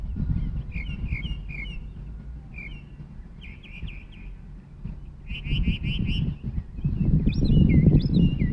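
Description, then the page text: Northern mockingbird singing a varied series of phrases, each type repeated rapidly a few times before switching, ending with looping whistled notes, with low rumble throughout. Recorded in Maryland. "Maryland Biodiversity. Northern Mockingbird ( Mimus polyglottos )"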